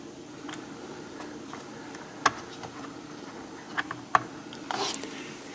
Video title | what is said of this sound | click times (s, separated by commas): Vizio SB2920C6 Soundbar Review | it snapped into place | 4.2 s